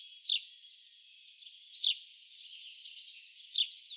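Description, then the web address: Short-toed treecreeper singing one high, thin phrase of quick notes that climbs at the close, with a few faint chirps before and after. "vogelstimmen gartenbaumlaeufer gesang nabu lars lachmann"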